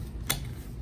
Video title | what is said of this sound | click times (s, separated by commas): ZORRI 1L Sports Water Bottle Review | Clips down, locks in place, ready to rock. | 0.3 s